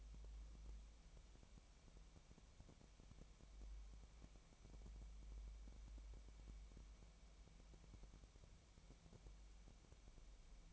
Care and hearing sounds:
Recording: daily activity, microphone in the room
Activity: wipe stove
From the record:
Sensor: 1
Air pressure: 1003.3 hPa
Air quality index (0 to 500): 199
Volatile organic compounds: 6 ppm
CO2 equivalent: 1905 ppm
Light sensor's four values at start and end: 10/24/10/12 and 10/24/10/12

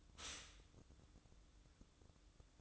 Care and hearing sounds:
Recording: daily activity, microphone in the room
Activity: stop toaster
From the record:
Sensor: 3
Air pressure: 1007.2 hPa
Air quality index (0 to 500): 54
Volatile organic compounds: 1 ppm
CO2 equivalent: 592 ppm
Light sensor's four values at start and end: 8/18/7/7 and 8/18/7/7

